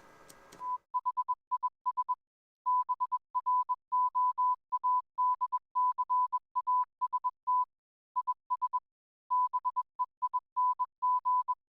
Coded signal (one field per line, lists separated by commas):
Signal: Morse code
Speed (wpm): 21 wpm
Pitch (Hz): 1000 Hz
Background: none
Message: THIS BROADCAST IS BEING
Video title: DATV Experimenter's Night - OS Membership, RD Contest Analysis, 1950s Spacecraft & Old Computers